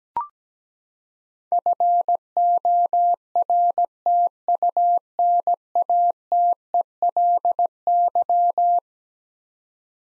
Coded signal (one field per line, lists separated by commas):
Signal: Morse code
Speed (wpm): 17 wpm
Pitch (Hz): 700 Hz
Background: none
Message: FORTUNATELY